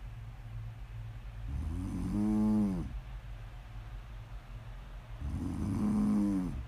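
Two long, low, tonal snores about four seconds apart from an adult sleeper, with quiet breathing between, offered as ASMR snoring for relaxation.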